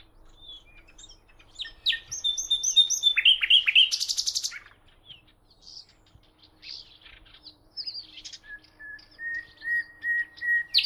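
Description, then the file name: Common nightingale song: varied phrases of sharp notes, a rapid series of descending notes and a buzzy burst, then a series of pure whistles repeated evenly at the end. "Luscinia megarhynchos"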